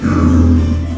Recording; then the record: squeal of a Yucatan mini pig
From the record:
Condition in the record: after surgery on the right vocal fold (resection and tissue-engineered implant); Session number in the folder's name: 12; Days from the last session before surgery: 105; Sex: female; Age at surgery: 19 weeks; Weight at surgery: 25 kg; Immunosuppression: prednisolone